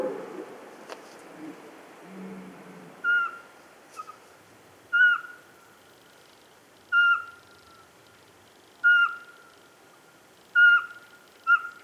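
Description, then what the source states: Eurasian pygmy owl giving short, clear whistled notes on one steady pitch, repeated at uneven intervals after a few seconds of faint low sounds. 27 September 2017, near 8 pm, 12 degrees, at the foot of Pic de Bure, Dévoluy massif; the small owl perched at the top of a spruce.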